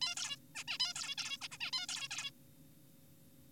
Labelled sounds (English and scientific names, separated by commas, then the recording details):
Zebra Finch (Taeniopygia guttata)
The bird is an adult
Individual g4p5U